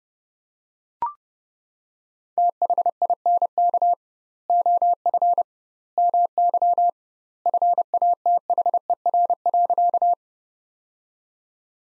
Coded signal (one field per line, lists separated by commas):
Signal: Morse code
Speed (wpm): 32 wpm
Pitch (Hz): 700 Hz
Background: none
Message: THINK OF MY FATHER.